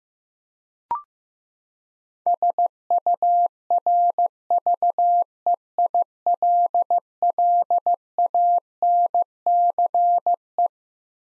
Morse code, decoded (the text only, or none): SURVEILLANCE